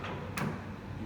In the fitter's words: can hear the click right and it's like shifting a standard transmission vehicle you know when it's in here